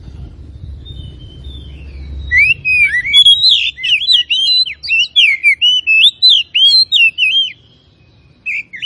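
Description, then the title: Oriental magpie-robin song starting after two quiet seconds of low rumble: quick rich whistles, warbled and looping, for about five seconds, then one last note. Tretes variety, singing vigorously (gacor). "Kacer Tretes"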